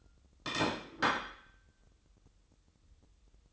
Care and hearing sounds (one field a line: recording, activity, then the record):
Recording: daily activity, microphone in the room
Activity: place plate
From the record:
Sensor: 3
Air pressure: 988.6 hPa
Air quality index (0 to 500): 199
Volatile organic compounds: 347 ppm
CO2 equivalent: 4578 ppm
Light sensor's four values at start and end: 22/71/30/25 and 22/71/30/25